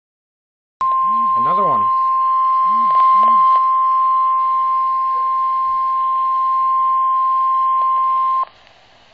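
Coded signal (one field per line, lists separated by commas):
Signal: Emergency Alert System (SAME) tones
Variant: 1050 Hz attention tone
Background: speech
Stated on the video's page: Severe thunderstorm warning received from nearby weather radio station WXK24.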